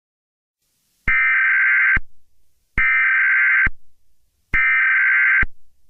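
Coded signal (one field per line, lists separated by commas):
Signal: Emergency Alert System (SAME) tones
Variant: header bursts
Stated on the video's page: Fictional EAS scenario about an alien attack, simulated alert made with an EAS creator tool and text-to-speech.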